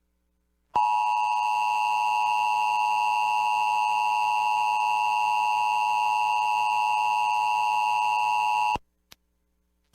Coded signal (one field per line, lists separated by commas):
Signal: Emergency Alert System (SAME) tones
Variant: 853 and 960 Hz attention tone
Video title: EAS Winter Storm Warning Haines, Alaska (1 Foot of Snow and Rainstorm) NOAA Weather Radio WXM97